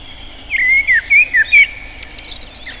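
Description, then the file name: Common blackbird phrase: four or five quick mellow fluted notes, then a faint, high, squeaky chatter trailing off. "Turdus merula"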